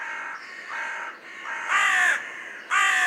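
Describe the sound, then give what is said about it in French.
A carrion crow caws in a steady run of harsh, rasping calls, with no pauses between them. The later caws grow louder and stronger, and there is no talking. “Bon, ça, par contre, c'est une corneille, hein.”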